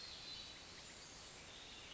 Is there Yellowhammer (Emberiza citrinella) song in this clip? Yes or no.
no